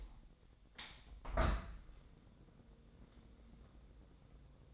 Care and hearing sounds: daily activity, microphone in the room; open window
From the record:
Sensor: 3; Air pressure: 1012.4 hPa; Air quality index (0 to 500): 132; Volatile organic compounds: 2 ppm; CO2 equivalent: 1024 ppm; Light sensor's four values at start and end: 174/417/170/156 and 169/406/166/153

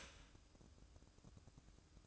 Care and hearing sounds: daily activity, microphone in the room; start toaster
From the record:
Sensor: 2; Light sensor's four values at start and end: 6/14/6/6 and 6/14/6/6

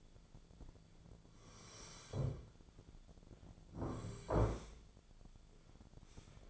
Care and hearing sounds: daily activity, microphone in the room; sit down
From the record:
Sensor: 5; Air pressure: 1008.2 hPa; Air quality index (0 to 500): 154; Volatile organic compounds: 3 ppm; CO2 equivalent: 1480 ppm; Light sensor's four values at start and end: 59/165/64/64 and 59/165/64/64

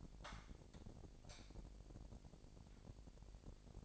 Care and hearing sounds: daily activity, microphone in the room; light on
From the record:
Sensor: 5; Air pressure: 1012.0 hPa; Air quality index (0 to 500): 247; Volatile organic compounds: 4 ppm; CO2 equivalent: 1703 ppm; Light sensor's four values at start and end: 41/95/40/42 and 42/101/42/45

